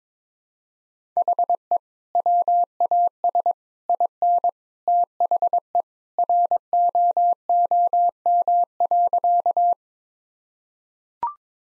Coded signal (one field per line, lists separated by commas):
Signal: Morse code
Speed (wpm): 22 wpm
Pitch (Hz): 700 Hz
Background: none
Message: HE WAS IN THE ROOM.